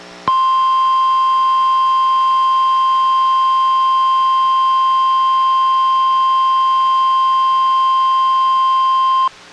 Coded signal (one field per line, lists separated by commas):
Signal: Emergency Alert System (SAME) tones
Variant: 1050 Hz attention tone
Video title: EAS #745: NWR Required Weekly Test- Feb. 22, 2023- 11:04AM PST